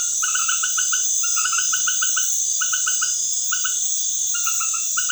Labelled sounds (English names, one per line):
none